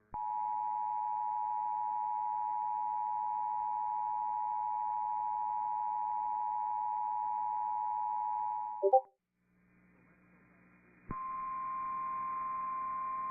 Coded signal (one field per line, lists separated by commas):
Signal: Emergency Alert System (SAME) tones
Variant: 853 and 960 Hz attention tone